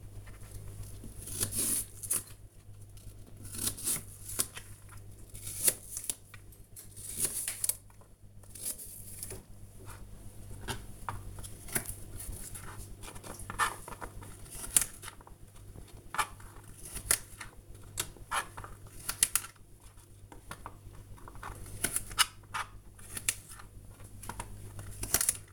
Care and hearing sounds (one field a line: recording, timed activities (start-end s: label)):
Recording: household activities, microphone on the right wrist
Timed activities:
0.00-25.53 s: cutting vegetables